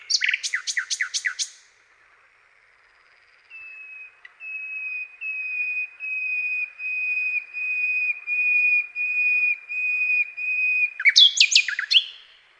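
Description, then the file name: Common nightingale song: a quick burst of harsh repeated notes, a pause, then a long series of pure whistled notes swelling in loudness, ending in rapid varied chirps. "SLOWIKRDZAWY"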